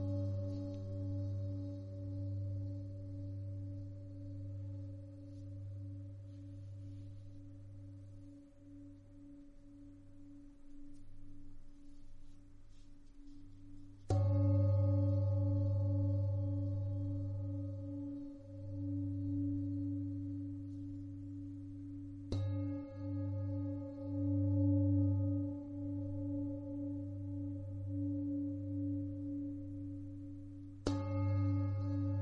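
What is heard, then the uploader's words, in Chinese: Seven chakra singing bowls ring in long, sustained tones, a deep hum layered with steadier higher overtones that waver and pulse slowly. Fresh strikes land at about 14, 22 and 31 seconds, each adding a bright ping that swells the sound before it slowly fades. 七脈輪頌缽療癒。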